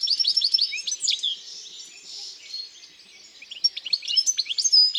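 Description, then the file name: European goldfinch song: lively high twittering phrases, a short lull with a soft buzzy wash, then renewed rapid chattering notes. Singing in the countryside. "Chardonneret elegant Chants doiseaux dans la campagne"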